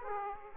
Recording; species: mosquito wingbeat signal from an infrared sensor; Aedes aegypti